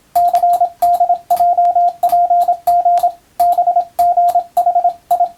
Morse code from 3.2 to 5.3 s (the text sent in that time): BGHI